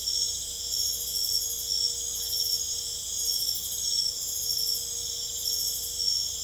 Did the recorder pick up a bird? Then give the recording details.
no. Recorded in secondary vegetation near Puerto Asís, Putumayo, Colombia, on 26 December 2024 at 22:30. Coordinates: 0.488, -76.319. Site GP04